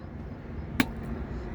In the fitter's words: hear it click